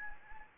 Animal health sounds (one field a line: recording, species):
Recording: mosquito wingbeat signal from an infrared sensor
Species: Anopheles gambiae